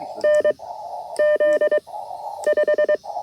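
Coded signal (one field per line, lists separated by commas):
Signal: Morse code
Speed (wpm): 22 wpm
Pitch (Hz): 600 Hz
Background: none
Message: N Z 5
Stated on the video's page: QRP CW Parks on the Air activation at a national wildlife refuge, using an Elecraft K2 and Packtenna end-fed half-wave antenna.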